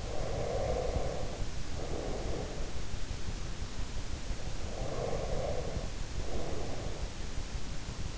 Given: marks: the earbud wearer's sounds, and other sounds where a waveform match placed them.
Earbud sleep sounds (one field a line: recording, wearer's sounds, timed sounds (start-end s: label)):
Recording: sounds in sleep by an in-ear microphone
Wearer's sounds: breath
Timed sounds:
0.00-2.66 s: breath
4.30-7.31 s: breath